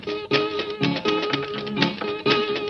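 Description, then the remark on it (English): A voice imitates a train's bell, made to sound like a church bell tone, intoning a steady series of about five sustained, resonant tones in an even rhythm, each one swelling and fading into the next at a moderate volume. “As she dropped over that hill and dropped off in the valley, she heard the bell begin to tone like this. Make it sound like a church bell tone.”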